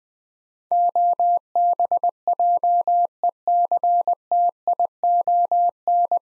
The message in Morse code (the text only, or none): OBJECTION